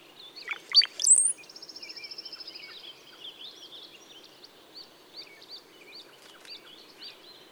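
Brown-headed cowbird song: low liquid gurgling notes sliding into a thin, very high whistle, followed by a fast trill and scattered chirps.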